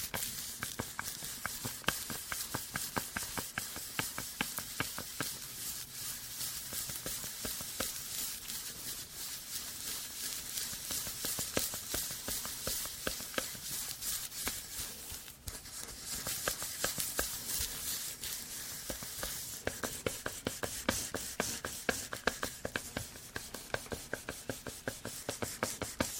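Layered tapping and hair brushing fill the whole stretch with dense, rapid, crisp ticks and scratches, bright and hissy. The strokes come in quick irregular bursts without pause, with a slightly louder flurry around fifteen seconds and again near the end.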